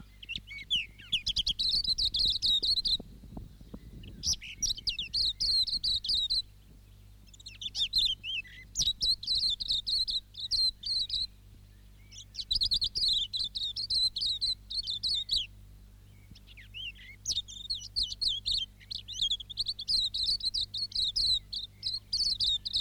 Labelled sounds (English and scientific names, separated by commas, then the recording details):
Silvereye (Zosterops lateralis)
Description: Silvereye/wax-eye song
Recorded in New Zealand